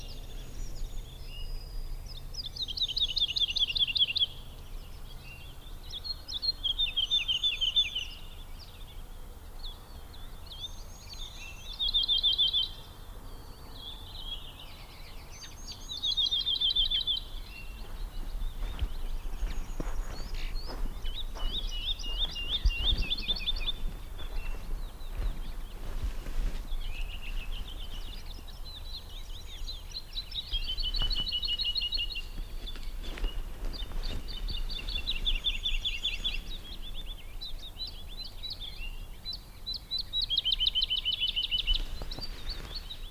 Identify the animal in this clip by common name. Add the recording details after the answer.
Wood Lark. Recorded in the wild. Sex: male. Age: adult. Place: Schönow, Naturpark Barnim, Brandenburg, DE. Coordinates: 52.69, 13.5125. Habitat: heath. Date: 2005-04-10. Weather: cloudy, 0°C, no wind. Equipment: Tascam DA-P1, Sennheiser MKH 70, Windschutz. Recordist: Frommolt, Karl-Heinz. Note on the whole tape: Naturschutzgebiet Schönower Heide: Gesang